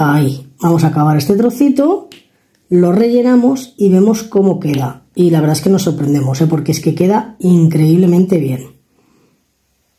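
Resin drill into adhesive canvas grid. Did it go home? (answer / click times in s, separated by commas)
no / none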